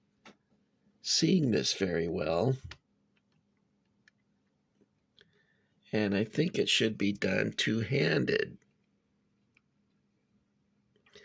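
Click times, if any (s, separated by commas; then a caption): none. A plastic wall panel from a vintage Kenner Building Fun "Girder & Panel" construction toy is handled and pressed two-handed onto a plastic toy girder frame while someone talks. Only faint, brief ticks and handling clicks are heard between the talking. The clip ends before the panel goes home; nothing has seated or snapped in yet.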